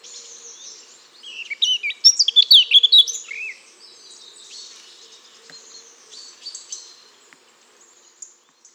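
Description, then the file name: Eurasian blackcap song: a brief burst of rapid, varied high warbling notes early on, over a faint low steady hum, then quieter scattered high notes. "Sylvia atricapilla"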